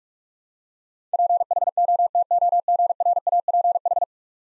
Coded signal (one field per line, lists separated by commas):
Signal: Morse code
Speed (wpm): 46 wpm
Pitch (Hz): 700 Hz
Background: none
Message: PHOTOGRAPH